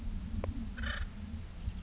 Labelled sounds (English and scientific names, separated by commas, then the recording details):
Acorn Woodpecker (Melanerpes formicivorus)
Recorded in Sonoma County, California